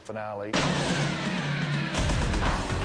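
A car engine revs up with a quick rising whine during a Hollywood-style car chase stunt show, then bursts into a loud, sustained roar of noisy, rumbling sound that turns choppy and pulsing near the end.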